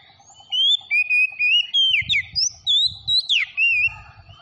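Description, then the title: Oriental magpie-robin delivering a continuous run of varied whistled notes, some drawn out and wavering, others sharp and descending, with faint low noise behind. Tretes variety, singing vigorously (gacor). "Kacer Tretes"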